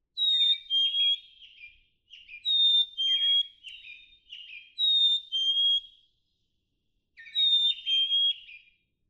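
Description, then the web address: Black-capped chickadee song, a sweet whistled high note dropping to a lower one, repeated four times, with softer, lower chirping notes after each phrase. "birdsongforthecurious Black-capped Chickadee"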